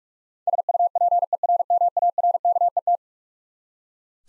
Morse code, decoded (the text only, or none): SUPERMARKET